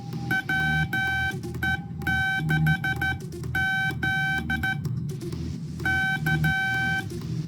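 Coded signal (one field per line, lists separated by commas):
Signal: Morse code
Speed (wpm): 12 wpm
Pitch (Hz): 1550 Hz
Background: none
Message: WE6Z K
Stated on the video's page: Morse from a homebuilt practice oscillator, point-to-point wired on a reused old radio chassis.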